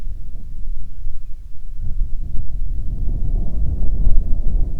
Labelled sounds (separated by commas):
bird, vehicle, weather or water